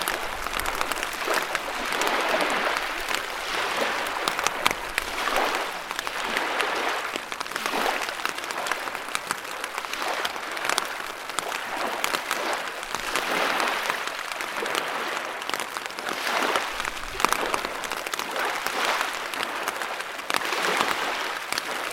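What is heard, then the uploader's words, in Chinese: A surging river fills the whole stretch with a dense, hissing rush, swelling and easing in slow surges every few seconds. The sound is crackly and spattering, like heavy rain, bright rather than deep, with hardly any low rumble. 江河涌涌·北镜凌雨。如此大江已有了海的声形，糁入嫩凉的晨中清凉的雨。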